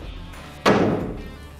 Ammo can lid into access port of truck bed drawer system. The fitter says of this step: x formation and this thing will snap right into place